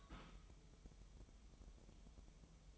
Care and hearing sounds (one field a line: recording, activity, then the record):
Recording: daily activity, microphone in the room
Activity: take from stove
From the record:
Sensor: 1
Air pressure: 988.3 hPa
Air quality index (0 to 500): 202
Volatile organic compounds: 1000 ppm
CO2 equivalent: 5421 ppm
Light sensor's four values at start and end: 26/97/37/39 and 26/97/37/39